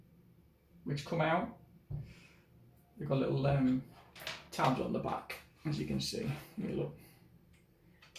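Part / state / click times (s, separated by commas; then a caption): plastic inner pieces held by tabs in a car headlight housing / released / 8.0 s, 8.2 s. Someone talks while pushing on the small plastic tabs on the back of two inner trim pieces inside a separated car headlight housing. Two short ticks are heard at 8.0 s and 8.2 s as the pieces pop free of their tabs and are released.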